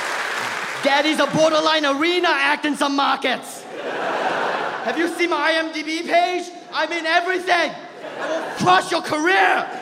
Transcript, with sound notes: Daddy's a borderline arena act in some markets.
(LAUGHTER)
Have you seen my IMDb page? I'm in everything. I'll crush your career.